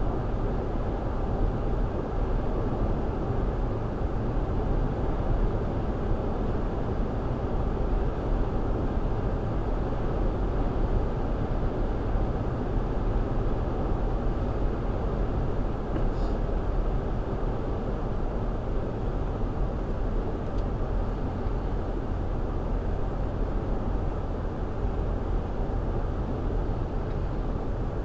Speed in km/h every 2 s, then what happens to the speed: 108, 108, 109, 109, 109, 109, 109, 109, 108, 100, 97, 95, 95, 93.
0-14 steady at about 109. 14-20 slows to 97. 20-28 steady at about 95.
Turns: none.